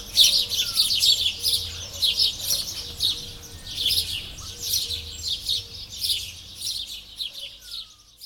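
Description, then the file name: House sparrow chirps, short bright notes given in irregular bursts throughout, with a faint low hum underneath. "Passer domesticus"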